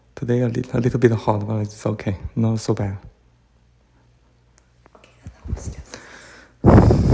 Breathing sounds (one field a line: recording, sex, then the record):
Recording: free speech after running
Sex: male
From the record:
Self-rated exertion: light exertion (2 of 6)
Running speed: 7 miles an hour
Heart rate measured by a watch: 89 beats a minute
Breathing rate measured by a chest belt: 12 breaths a minute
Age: 37 years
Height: 174 cm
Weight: 76 kg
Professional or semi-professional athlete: no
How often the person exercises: over 5 times a week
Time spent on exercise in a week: over 5 hours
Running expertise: yes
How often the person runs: 3 to 5 times a week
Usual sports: running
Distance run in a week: 70 km